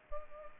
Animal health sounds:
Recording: mosquito wingbeat signal from an infrared sensor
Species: Culex pipiens

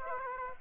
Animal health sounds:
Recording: mosquito wingbeat signal from an infrared sensor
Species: Aedes aegypti

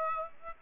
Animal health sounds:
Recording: mosquito wingbeat signal from an infrared sensor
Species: Aedes aegypti

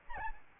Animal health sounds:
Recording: mosquito wingbeat signal from an infrared sensor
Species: Aedes albopictus

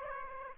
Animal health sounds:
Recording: mosquito wingbeat signal from an infrared sensor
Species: Aedes aegypti

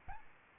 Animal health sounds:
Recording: mosquito wingbeat signal from an infrared sensor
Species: Aedes albopictus

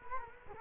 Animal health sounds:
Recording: mosquito wingbeat signal from an infrared sensor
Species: Culex quinquefasciatus

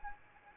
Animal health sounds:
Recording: mosquito wingbeat signal from an infrared sensor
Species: Anopheles arabiensis

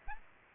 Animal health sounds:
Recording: mosquito wingbeat signal from an infrared sensor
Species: Aedes aegypti

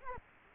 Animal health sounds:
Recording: mosquito wingbeat signal from an infrared sensor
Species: Culex quinquefasciatus

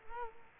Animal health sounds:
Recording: mosquito wingbeat signal from an infrared sensor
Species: Culex quinquefasciatus

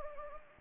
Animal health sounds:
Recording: mosquito wingbeat signal from an infrared sensor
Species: Anopheles gambiae

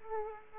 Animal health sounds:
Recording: mosquito wingbeat signal from an infrared sensor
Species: Aedes aegypti

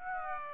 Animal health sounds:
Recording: mosquito wingbeat signal from an infrared sensor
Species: Aedes aegypti

